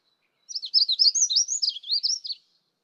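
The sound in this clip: Magnolia warbler song, a quick run of high, slurred whistled notes lasting about two seconds, rising and falling in short loops, with silence around it.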